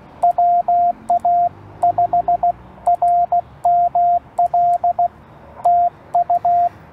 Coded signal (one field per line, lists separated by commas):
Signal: Morse code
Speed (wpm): 16 wpm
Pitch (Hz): 700 Hz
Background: radio noise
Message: WA5RML TU